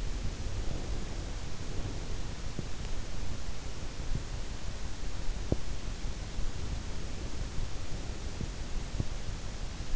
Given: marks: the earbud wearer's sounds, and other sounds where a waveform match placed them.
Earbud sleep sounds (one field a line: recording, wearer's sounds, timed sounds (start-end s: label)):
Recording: sounds in sleep by an in-ear microphone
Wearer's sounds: breath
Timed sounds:
0.00-2.21 s: breath